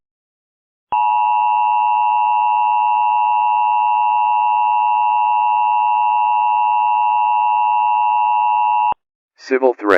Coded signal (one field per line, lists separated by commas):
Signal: Emergency Alert System (SAME) tones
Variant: 853 and 960 Hz attention tone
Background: speech